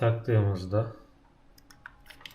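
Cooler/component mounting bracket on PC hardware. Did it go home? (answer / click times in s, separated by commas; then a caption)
yes / 1.9 s, 2.3 s. Someone talks briefly, then a plastic/metal mounting bracket for the legs, a cooler/component mounting bracket on PC hardware, is pressed into place during a PC build. After a quiet pause, a few faint ticks give way to sharp clicks at 1.9 s and 2.3 s as the bracket seats with a click.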